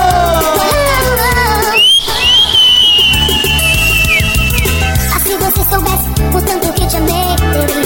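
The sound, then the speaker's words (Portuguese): A shrill, high whistle rings out for about three seconds, wavering slightly in pitch, over loud thumping dance music with a steady heavy beat, at a live event at the Festival do Caranguejo in São Caetano de Odivelas on 8 December 2017. “Alô, cara de apito.”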